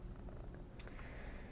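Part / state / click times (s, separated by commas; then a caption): emergency stop button on a lathe control panel / released / 0.8 s. A pushed-in emergency stop button on a lathe control panel is given a short clockwise twist, and it releases with a sharp click at 0.8 s as it springs back out. A steady low hum runs underneath, with a few fainter ticks around 0.2, 0.3, 0.6 and 0.9 s.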